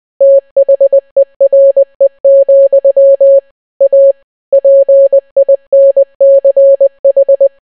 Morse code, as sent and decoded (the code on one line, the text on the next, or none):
- .... . .-. . --..-- / .- / .--. .. -. -.-. ....
THERE, A PINCH